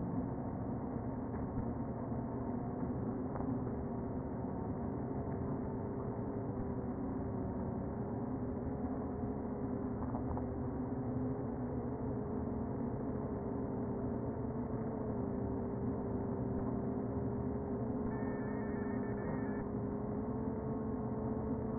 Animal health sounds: honeybee colony, microphone inside the hive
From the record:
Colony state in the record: queen present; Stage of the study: before two queens were removed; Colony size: about 60,000 bees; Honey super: yes

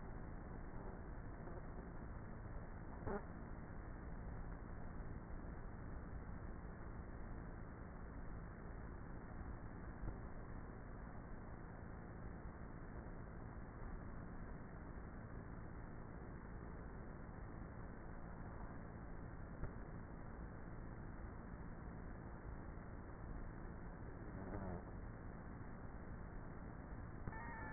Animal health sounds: honeybee colony, microphone inside the hive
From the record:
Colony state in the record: queenless with a low population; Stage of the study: before two queens were removed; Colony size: about 30,000 bees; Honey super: no

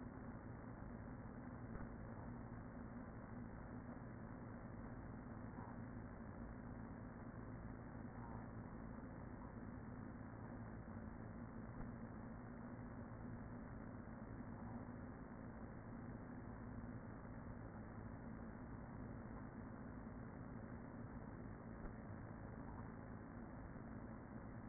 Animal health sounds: honeybee colony, microphone inside the hive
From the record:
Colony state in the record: queen present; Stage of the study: after two queens were removed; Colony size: about 40,000 bees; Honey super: no

